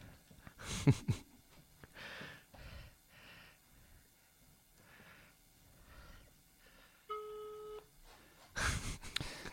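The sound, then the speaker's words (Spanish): A telephone line beep as a call is placed on hands-free speakerphone: one steady, mid-pitched electronic tone held for over a second, after soft breathy rustling and before a loud burst of noise. “Una señal, un pitido.”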